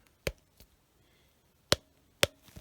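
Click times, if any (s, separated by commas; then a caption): 1.7 s, 2.2 s. The plastic knee joint in the leg of a Takara Neo Blythe Heather Sky Tan fashion doll is bent, giving a sharp tick at 0.3 s and a faint one at 0.6 s. The knee then ratchets through two loud, crisp clicks at 1.7 s and 2.2 s and seats in its bent position, stopping at two clicks rather than three so as not to overbend it.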